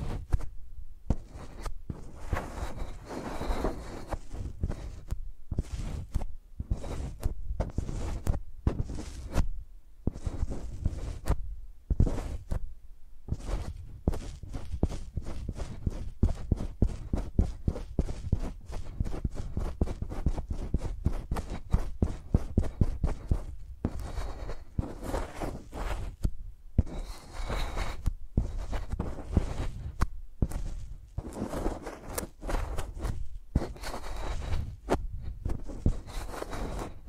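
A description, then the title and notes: Microphones are scratched and tapped like pencils, making a dense run of quick dry strokes and scrapes with a low thumping body. Clusters of rapid scratching alternate with brief pauses, and louder taps land every few seconds across the whole stretch. ASMR Using Mics as Pencils (No Talking).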